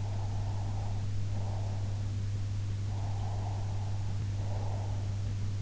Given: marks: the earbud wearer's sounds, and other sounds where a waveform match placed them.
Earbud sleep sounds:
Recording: sounds in sleep by an in-ear microphone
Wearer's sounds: breath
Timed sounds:
0.00-2.09 s: breath
2.87-5.24 s: breath

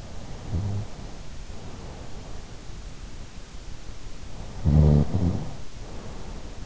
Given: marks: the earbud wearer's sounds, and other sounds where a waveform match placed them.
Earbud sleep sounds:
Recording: sounds in sleep by an in-ear microphone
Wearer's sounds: snoring breath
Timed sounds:
0.04-2.27 s: snoring breath
4.59-6.66 s: snoring breath

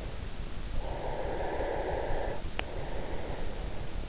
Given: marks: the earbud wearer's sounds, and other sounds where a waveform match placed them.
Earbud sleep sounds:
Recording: sounds in sleep by an in-ear microphone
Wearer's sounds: breath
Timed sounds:
0.73-3.72 s: breath

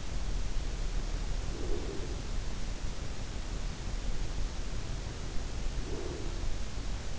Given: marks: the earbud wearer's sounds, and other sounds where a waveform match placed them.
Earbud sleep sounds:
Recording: sounds in sleep by an in-ear microphone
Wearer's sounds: breath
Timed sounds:
1.50-2.70 s: breath
5.80-7.19 s: breath

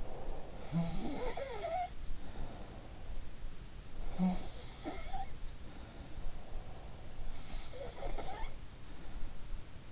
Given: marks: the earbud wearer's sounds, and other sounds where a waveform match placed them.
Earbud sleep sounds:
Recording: sounds in sleep by an in-ear microphone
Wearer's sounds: breath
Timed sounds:
0.00-0.58 s: breath
0.59-2.96 s: sound from someone else or the room
4.13-6.37 s: sound from someone else or the room
7.10-9.70 s: sound from someone else or the room

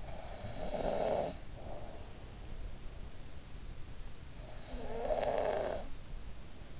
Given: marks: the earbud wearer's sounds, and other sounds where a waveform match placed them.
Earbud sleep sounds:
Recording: sounds in sleep by an in-ear microphone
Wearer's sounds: snoring breath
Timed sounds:
0.00-2.28 s: snoring breath
4.34-6.80 s: snoring breath

